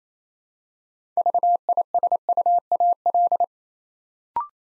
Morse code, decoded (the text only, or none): VISUAL